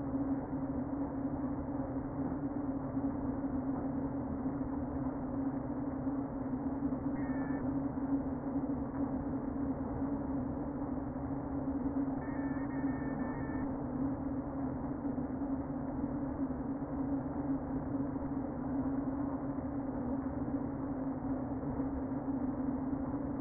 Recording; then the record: honeybee colony, microphone inside the hive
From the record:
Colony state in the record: queen present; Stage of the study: before two queens were removed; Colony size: about 60,000 bees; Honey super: yes